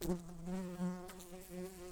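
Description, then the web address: Brown-banded carder bee buzzing, a steady low hum with harmonics that swells and dips slightly throughout. Workers. "Humilis workers"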